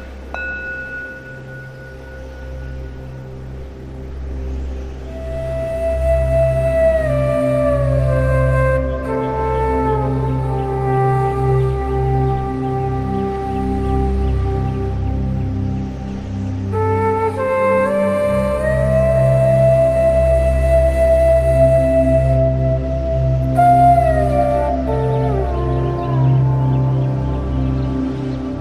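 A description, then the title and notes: Slow ambient music with sustained, layered tones that glide gradually up and down, over a deep rumbling low end like wind. The sound is steady and full throughout, with the gliding pitch changes repeating around 6, 17 and 23 seconds. Wind-swept summer countryside, with ambient sounds and beautiful ambient music.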